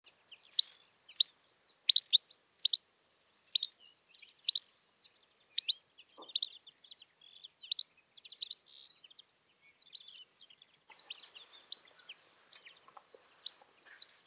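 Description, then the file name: European goldfinch giving bright, high twittering calls, short sharp chirps in quick clusters, then sparser single notes toward the end. "Carduelis carduelis"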